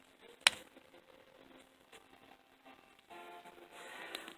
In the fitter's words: We got 3 clicks, as I'm sure you heard. The first one was very solid.